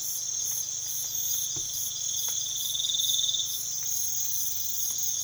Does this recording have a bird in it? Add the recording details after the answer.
no. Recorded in pastures near Puerto Asís, Putumayo, Colombia, on 12 March 2025 at 05:30. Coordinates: 0.487, -76.322. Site G077